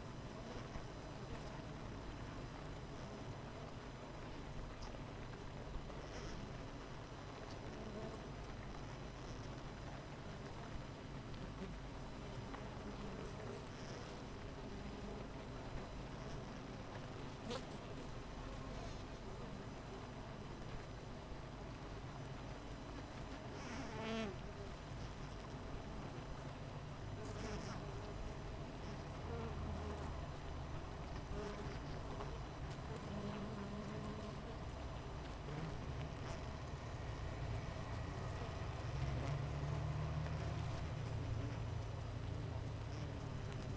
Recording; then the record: honeybee colony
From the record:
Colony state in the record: missing queen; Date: 14 July 2017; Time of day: 7:42